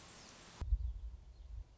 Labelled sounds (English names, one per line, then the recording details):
Common Raven
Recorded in Sonoma County, California